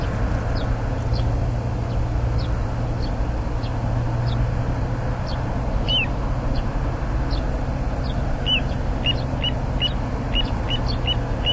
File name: little ringed plover